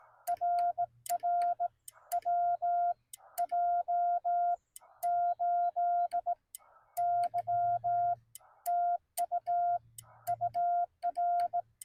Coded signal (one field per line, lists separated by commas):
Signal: Morse code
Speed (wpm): 17 wpm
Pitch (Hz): 690 Hz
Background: none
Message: RR WJ8Y TU UR